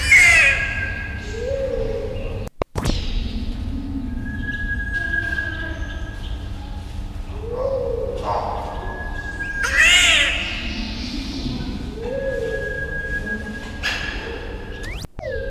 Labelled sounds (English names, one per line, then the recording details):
Ringed Teal call
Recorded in captivity
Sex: female
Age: adult
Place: Tierpark Berlin, Berlin, DE
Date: 1974-01-26 11:00
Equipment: Uher 4200 Report Monitor, Verst., Sennheiser MD 421
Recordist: Tembrock, Günter